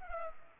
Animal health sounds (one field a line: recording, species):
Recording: mosquito wingbeat signal from an infrared sensor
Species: Culex pipiens